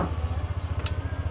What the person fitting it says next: Oke. Sampai bunyi ceklek gitu ya. Ceklek masuk ke dalam.